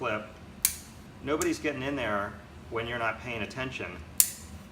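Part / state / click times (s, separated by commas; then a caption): plastic strap security clip on a backpack / seated / 4.2 s. A plastic security clip on a backpack strap, which also works as a handle, is fastened shut while someone talks. A sharp click is heard at 4.2 s as the clip seats closed. An earlier sharp transient occurs at 0.6 s.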